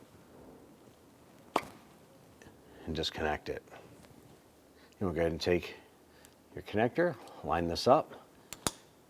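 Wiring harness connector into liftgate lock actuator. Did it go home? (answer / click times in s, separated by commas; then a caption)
yes / 8.5 s, 8.7 s. A plastic wiring harness connector is lined up and pressed onto the liftgate lock actuator of a 2010–2016 Cadillac SRX while someone talks. A sharp snap comes at 1.6 s, and a quick double click at 8.5 and 8.7 s marks the connector seating.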